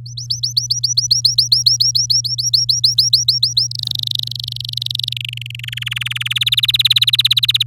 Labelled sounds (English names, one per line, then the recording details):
Domestic Canary song
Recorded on 8 May 2018 at 05:32
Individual llb16